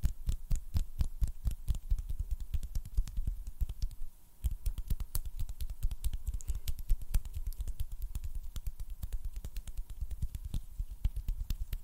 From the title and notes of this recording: ASMR HAND SOUNDS AND SNAPPING - NO TALKING.